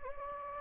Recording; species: mosquito wingbeat signal from an infrared sensor; Anopheles gambiae